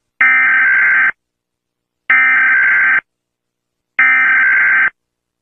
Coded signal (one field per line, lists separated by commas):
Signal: Emergency Alert System (SAME) tones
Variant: header bursts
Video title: Melon playground nuclear bomb eas #melon playgrond lon